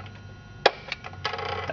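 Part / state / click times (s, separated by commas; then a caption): fast-idle throttle latch on a chainsaw trigger / released / 0.7 s. A Husqvarna 55 chainsaw's fast-idle throttle latch on the trigger, which the choke had locked at about a quarter throttle, is released by squeezing the trigger. A sharp click is heard at 0.7 s, followed by quieter ticks. The latch clicks free and the saw drops back to idle.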